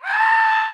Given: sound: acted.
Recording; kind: vocal sound; scream